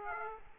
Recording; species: mosquito wingbeat signal from an infrared sensor; Aedes aegypti